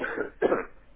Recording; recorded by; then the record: voluntary cough; telephone call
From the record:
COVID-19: positive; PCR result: checked with the laboratory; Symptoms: no